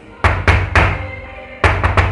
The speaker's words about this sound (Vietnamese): Nãy giờ im lặng, đột nhiên lại có tiếng gõ cửa, khiến cho Duy Minh lập tức lấy lại cảnh giác.